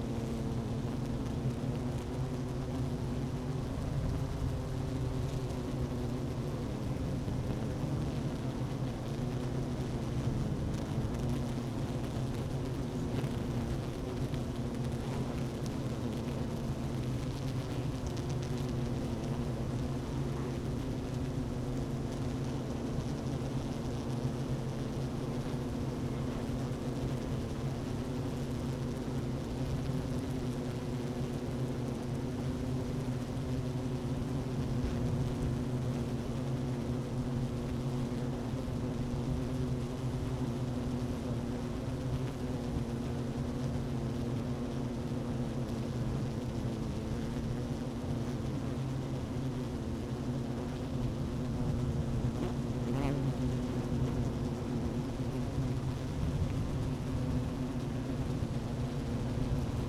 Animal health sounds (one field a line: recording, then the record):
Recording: honeybee colony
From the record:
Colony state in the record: active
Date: 12 June 2018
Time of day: 11:46